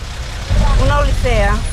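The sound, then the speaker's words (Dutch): A steady, heavy engine rumble fills the inside of a city bus during morning rush hour in Caracas, Venezuela, while a voice speaks over the drone, rising and falling in the background. “Dus wat is een betere plek om in de bus, 's ochtends in het spitsuur van Caracas, Venezolanen te vragen hoe hun leven er nu uitziet.”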